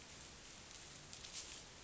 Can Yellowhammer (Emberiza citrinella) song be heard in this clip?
no